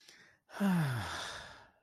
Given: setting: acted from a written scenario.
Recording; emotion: vocal sound without words; contentment